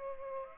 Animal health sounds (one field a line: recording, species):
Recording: mosquito wingbeat signal from an infrared sensor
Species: Culex pipiens